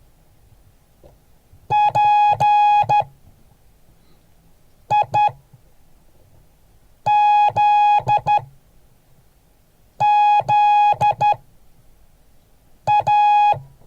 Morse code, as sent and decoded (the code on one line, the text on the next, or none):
.--. .. --.. --.. .-
PIZZA